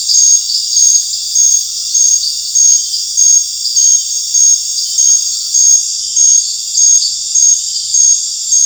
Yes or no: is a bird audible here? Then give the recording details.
no. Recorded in dense forest near Puerto Asís, Putumayo, Colombia, on 8 March 2025 at 19:00. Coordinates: 0.484, -76.317. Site G064